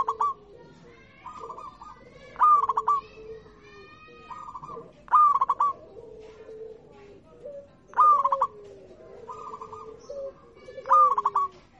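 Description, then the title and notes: Zebra dove cooing song, short stuttering phrases every two to three seconds, with lower, drawn-out coos in the background. Local-type (lokal) zebra dove song. "Kicau Perkutut Lokal 1. Kicau Burung Perkutut"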